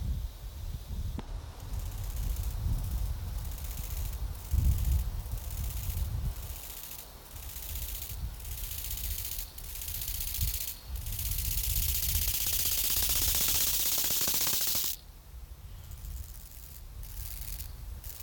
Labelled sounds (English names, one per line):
Bow-winged Grasshopper stridulation